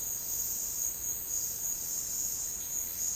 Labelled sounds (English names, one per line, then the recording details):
none
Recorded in dense forest near Puerto Asís, Putumayo, Colombia, on 8 March 2025 at 15:30
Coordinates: 0.467, -76.328
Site G041